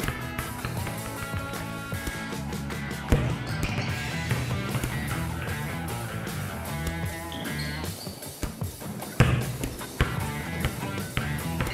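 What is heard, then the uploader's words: Volleyballs being spiked and bouncing, with sharp slaps standing out near three, nine and ten seconds. Between hits there is a steady bed of voices and thumping movement. A low hum runs underneath throughout. Volleyball spikes + bounce. Shoes on gym floor.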